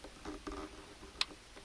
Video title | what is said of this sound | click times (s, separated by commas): Day 1004 Tesla Ruby Let There Be Light | alright so I'm tightening it's gonna click when I tighten it here's the click | 1.2 s